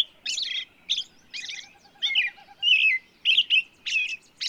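Bird song in separate short bursts of scratchy high chirps and warbled notes, with a faint low rhythmic pulsing in the background.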